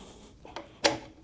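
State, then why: Seated. A USB input module card is pushed into its expansion slot in an audio DAC chassis until it locks. A small tick is heard at about 0.6 s, then a sharp, louder snap at 0.9 s as the module seats and locks in place.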